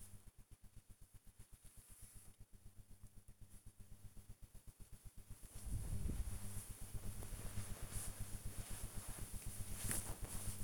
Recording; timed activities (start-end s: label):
household activities, microphone on the right wrist
0.00-10.64 s: folding laundry